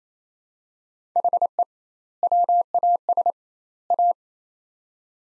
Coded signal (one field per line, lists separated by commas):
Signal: Morse code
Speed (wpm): 28 wpm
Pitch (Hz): 700 Hz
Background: none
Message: HE WAS A